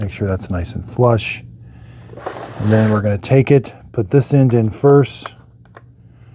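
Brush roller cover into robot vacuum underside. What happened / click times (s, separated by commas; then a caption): The plastic cover is being positioned but has not clicked home yet / none. Someone talks while reassembling the underside of an X11 Pro Omni robot vacuum: after lining up the tray flush, they go to insert one end of the plastic brush roller cover first. Only speech and a couple of faint handling taps near the end are heard. Nothing has seated or clicked yet.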